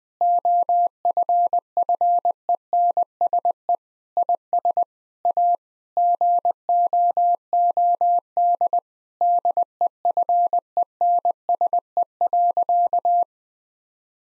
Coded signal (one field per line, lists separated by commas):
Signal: Morse code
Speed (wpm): 20 wpm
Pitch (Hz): 700 Hz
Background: none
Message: OFFENSE IS A GOOD DEFENSE.